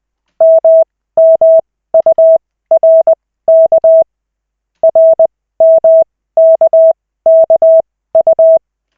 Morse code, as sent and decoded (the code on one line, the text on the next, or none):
-- -- ..- .-. -.- / .-. -- -.- -.- ..-
MMURK RMKKU